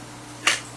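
A knife is pushed into a formed Kydex plastic sheath with one screw in, testing its retention. A single sharp snap is heard at 0.5 s as the blade seats into place. The blade is seated and held by the sheath's retention.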